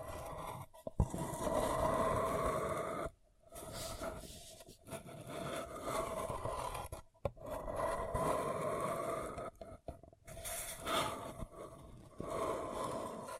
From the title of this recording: Paper Cup Tingles